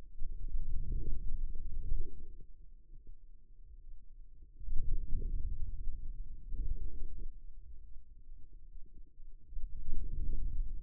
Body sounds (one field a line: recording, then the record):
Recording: forearm muscle sounds (acoustic myography)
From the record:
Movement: outward rotation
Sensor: system 2, bracelet of six BSWA MPA416 microphones around the upper forearm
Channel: 2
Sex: male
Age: 22 years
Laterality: right